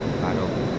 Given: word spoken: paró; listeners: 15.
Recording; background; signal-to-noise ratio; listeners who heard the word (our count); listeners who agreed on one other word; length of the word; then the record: one Spanish word in noise, from a listening test; speech-shaped noise; -4.5 dB; 1 of 15; 11 of 15; 0.39 s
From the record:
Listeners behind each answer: 11, 2, 1, 1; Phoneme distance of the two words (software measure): 21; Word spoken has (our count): 2 syllables, 4 phonemes, stress on syllable 2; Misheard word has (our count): 3 syllables, 5 phonemes, stress on syllable 2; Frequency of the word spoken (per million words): 8.04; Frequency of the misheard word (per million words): 12.63